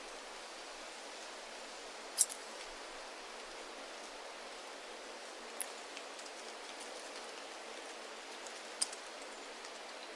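Steady, even rustling of wind through forest trees fills the clip, broken by three brief crisp ticks near two, five and a half, and nine seconds.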